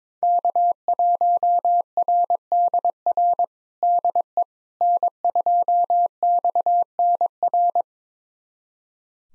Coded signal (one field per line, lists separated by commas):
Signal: Morse code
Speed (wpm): 22 wpm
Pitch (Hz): 700 Hz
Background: none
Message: K1RDR DE N2XNR